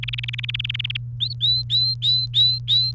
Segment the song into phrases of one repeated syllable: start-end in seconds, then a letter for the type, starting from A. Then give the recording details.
0.03-0.97 A, 1.20-2.92 B. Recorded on 28 April 2018 at 17:50. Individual llb3